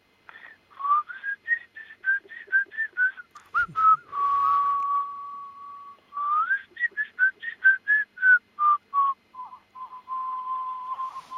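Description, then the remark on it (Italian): A person whistles a lively melody alone, a string of short clear notes gliding up and down, broken by a long steady held tone midway, then more bouncing phrases ending on sustained notes. “Senta …, mi fa una bella fischiettatina?”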